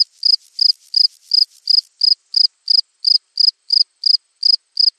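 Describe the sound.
High cricket chirps repeated at a steady beat near three per second, slightly blurred at the start.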